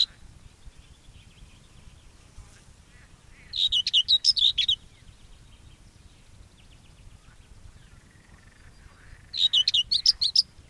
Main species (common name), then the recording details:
Common Whitethroat. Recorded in the wild. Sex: male. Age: adult. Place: Röttenbach, Bayern, DE. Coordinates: 49.6683, 10.9244. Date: 1961-06-15. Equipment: Stellavox SM 4, Original, Vollspur, langes Kabel. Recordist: Tretzel, Erwin